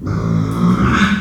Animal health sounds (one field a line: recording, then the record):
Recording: squeal of a Yucatan mini pig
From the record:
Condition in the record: after surgery on the right vocal fold (resection and tissue-engineered implant)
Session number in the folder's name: 13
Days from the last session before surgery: 113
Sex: female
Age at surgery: 19 weeks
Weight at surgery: 25 kg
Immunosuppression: prednisolone